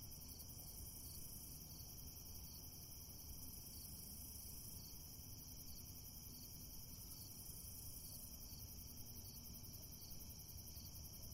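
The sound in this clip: Crickets chirp in overlapping high pulsed trills, with a constant low hum throughout.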